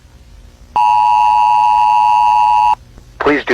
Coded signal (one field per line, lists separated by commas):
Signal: Emergency Alert System (SAME) tones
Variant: 853 and 960 Hz attention tone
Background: speech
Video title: EAS Project PLAYER {gorilla} (GORILLA TAG EAS ALARM NOT STOLEN)